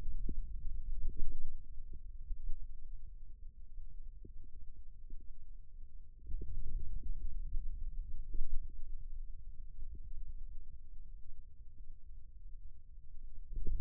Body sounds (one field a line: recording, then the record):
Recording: forearm muscle sounds (acoustic myography)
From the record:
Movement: radial deviation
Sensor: system 2, bracelet of six BSWA MPA416 microphones around the upper forearm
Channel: 1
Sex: male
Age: 22 years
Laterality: right